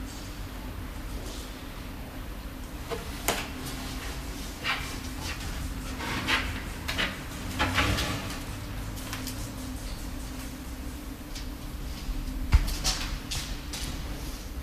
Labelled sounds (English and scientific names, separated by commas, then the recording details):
Binturong (Arctictis binturong) aggressive call
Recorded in captivity
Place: Zoo Halle, Sachsen-Anhalt, DE
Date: 1997-03-22 16:26
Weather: Schnee bis Regen, um 0°C
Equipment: Sony MD-WM MZ-R3, Sennheiser MKH 416 T, Kopie Uher 4000 Report Monitor
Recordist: Tembrock, Günter